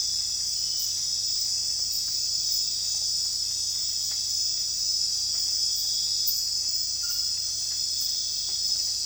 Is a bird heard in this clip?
no